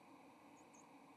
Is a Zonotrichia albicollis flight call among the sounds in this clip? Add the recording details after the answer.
no. Another species' flight call is heard. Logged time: 09:51 on 30 October 2014